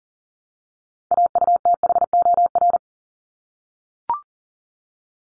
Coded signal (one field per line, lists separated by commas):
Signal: Morse code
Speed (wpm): 40 wpm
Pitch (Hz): 700 Hz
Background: none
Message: AUTHOR